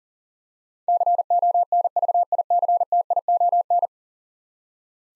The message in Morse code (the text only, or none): CONVICTION